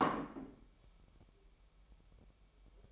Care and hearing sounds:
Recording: daily activity, microphone in the room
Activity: place plate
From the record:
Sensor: 1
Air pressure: 1002.0 hPa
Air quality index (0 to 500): 244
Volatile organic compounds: 49 ppm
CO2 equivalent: 3277 ppm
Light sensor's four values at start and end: 8/28/10/11 and 8/28/10/11

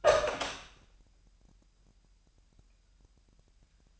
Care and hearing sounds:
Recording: daily activity, microphone in the room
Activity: open door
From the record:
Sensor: 2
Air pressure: 998.3 hPa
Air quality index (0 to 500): 137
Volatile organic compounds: 4 ppm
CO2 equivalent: 1550 ppm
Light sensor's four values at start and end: 12/35/14/14 and 12/35/14/14

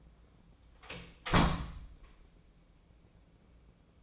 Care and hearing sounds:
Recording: daily activity, microphone in the room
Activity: close door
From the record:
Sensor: 1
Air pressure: 1012.4 hPa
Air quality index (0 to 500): 165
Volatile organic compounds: 3 ppm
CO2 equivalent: 1353 ppm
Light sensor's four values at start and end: 580/1345/599/718 and 585/1358/604/724

